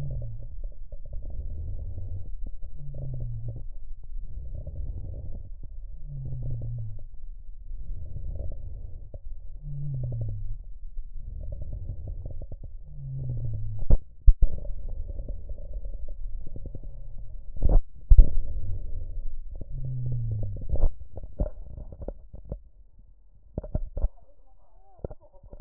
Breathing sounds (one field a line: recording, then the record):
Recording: lung sounds by stethoscope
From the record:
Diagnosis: emphysema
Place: left posterior upper chest